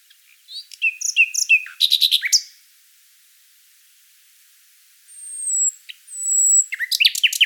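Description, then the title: Common nightingale song: varied chirps and rapid repeated notes, a pause, two high thin drawn-out whistles, then another burst of quick notes. "Sylvain Jaskowiak - Mes piafs. Rossignol Philomèle"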